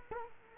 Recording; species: mosquito wingbeat signal from an infrared sensor; Culex quinquefasciatus